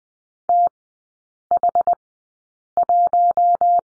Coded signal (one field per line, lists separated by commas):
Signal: Morse code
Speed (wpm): 20 wpm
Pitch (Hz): 700 Hz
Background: none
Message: TH1